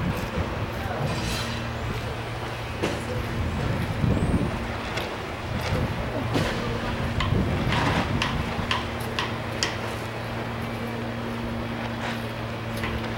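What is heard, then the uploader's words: A steady low engine-like hum runs throughout, as if from inside a vehicle, with a constant droning tone underneath. Scattered knocks, rattles and clicks come and go, busiest between about four and eight seconds, with faint voices in the background. Both inside and outside.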